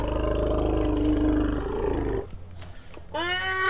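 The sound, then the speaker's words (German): A young elephant lets out a long, loud, rumbling roar that breaks off, followed by a brief pause and then a higher, harmonic trumpeting call, the sounds strung together in one excited sequence. “Sie hängen die Laute einfach aneinander, wenn sie sehr aufgeregt sind. Das kommt eben speziell bei Jungtieren vor.”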